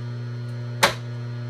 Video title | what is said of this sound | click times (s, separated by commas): How to change speeds on a Bridgeport milling machine (Jhead) | you want to take and rotate the spindle by hand you're gonna hear it click that click now the pulley has dropped back down and it's back in the high speed | 0.8 s